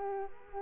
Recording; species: mosquito wingbeat signal from an infrared sensor; Culex quinquefasciatus